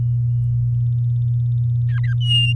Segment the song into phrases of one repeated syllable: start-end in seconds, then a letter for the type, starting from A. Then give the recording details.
1.89-2.14 A, 2.21-2.53 B. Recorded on 6 May 2018 at 07:49. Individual llb16